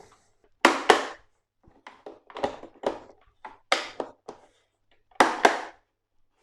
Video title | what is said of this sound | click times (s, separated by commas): Filtre Oase Biomaster 350 | pour refermer le filtre c'est très simple tout se clipse parfaitement | 0.7 s, 3.7 s, 5.2 s